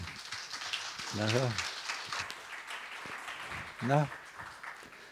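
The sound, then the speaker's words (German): An audience at a lecture applauds steadily with dense, continuous clapping for the whole stretch, and two brief voiced calls or whoops rise above it, one early and one near the end. “Schauen wir mal, ob ihr hinterher auch so viel Beifall klatscht.”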